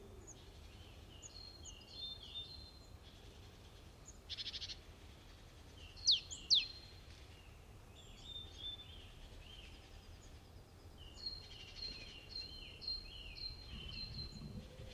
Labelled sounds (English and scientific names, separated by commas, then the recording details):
Great Tit (Parus major)
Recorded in the wild
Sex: male
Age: adult
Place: Halle (Westfalen), OT Tatenhausen, Nordrhein-Westfalen, DE
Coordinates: 52.0439, 8.325
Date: 1972-03-25
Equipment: Uher 4200 Report Stereo, Bändchenmikro Beyer M 260, Parabolspiegel Polyester (600 mm)
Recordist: Conrads, Klaus
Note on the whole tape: Schloß Tatenhausen. Wahrscheinlich Männchen: warnend, Imitation von Sumpfmeise und Weidenmeise